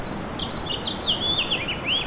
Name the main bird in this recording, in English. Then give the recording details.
House Finch. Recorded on Long Island, New York, on 8 May 2012. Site VS. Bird B